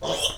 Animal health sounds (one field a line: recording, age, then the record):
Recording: pig call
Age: piglet (1 to 25 days)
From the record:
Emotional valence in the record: negative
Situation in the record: restrain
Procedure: in the arms of a person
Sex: male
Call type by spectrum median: low-frequency call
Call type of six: mixed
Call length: 0.39 s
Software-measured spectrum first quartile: 564 Hz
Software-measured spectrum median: 2388 Hz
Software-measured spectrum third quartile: 3911 Hz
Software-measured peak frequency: 554 Hz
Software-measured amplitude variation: 134 dB a second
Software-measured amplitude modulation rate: 16.9 a second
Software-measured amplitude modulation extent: 8.0 dB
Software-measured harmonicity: 2.3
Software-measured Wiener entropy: -2.11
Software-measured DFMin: 1814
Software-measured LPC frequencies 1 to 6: 604, 3158, 5562, 6073, 6826, 8158 Hz